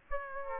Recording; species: mosquito wingbeat signal from an infrared sensor; Aedes aegypti